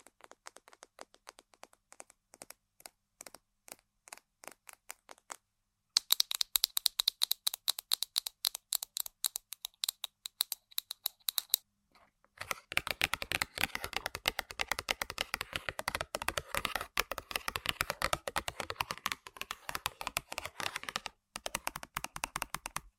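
Tapping and scratching on objects in three distinct sections. It starts with sparse, fairly quiet clicks, then at about six seconds turns to louder, bright, rapid taps like typing, and from twelve seconds on becomes a dense, fast run of crisp, crackly scratching with short pauses.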